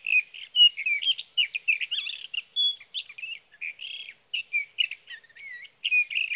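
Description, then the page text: Sage thrasher delivering a hurried, rambling song of scratchy warbles and clear whistled notes with only brief breaks. Male singing through the night near his night roost, evening of June 12 to morning of June 15, 2018, Sierra Valley, California; Swift recorder. "Birdsong for the Curious Naturalist: Explore #7 Sage thrasher songs, through the night."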